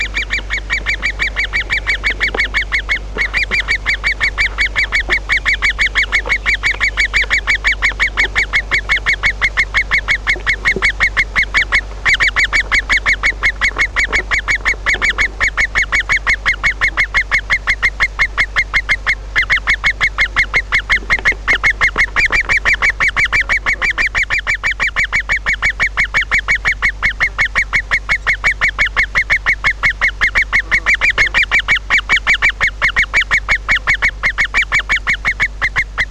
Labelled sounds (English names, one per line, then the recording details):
Great Spotted Woodpecker begging call
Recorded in the wild
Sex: group
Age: juvenile
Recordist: Meyer, Hugo